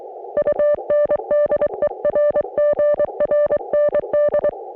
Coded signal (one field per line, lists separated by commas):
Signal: Morse code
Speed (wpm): 22 wpm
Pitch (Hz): 560 Hz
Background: none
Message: UNDERGRND